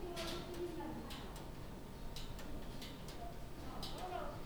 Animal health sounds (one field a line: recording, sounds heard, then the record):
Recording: poultry house recording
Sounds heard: no chicken sound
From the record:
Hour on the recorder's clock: 15